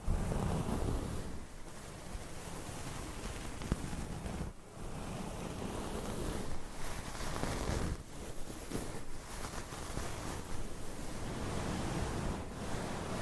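Microphone scratching and rubbing fills the clip, a dense, rough, continuous rumble and hiss that sounds like wind or surf. The texture shifts irregularly, with brief dips near 1.5, 4.5, 8 and 9 seconds and a sharp click just before 4 seconds.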